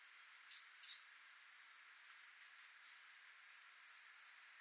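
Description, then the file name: Great tit calls: two high, thin, sharply downslurred notes given as a quick pair, then repeated about three seconds later; otherwise quiet. "Parus major"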